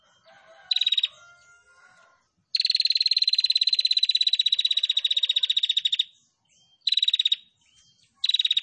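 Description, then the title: Prinia song of fast, rattling pulsed trills: a short burst, then a long trill of several seconds, then two brief bursts. Female, singing actively; masteran recording for training songbirds. "Masteran Burung Prenjak Betina Gacor"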